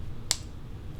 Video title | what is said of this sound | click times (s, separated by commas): 2026 - Morph Device Explained: PENS Installation, Setup & What to Expect | You have to hear the snap so that it's | 0.3 s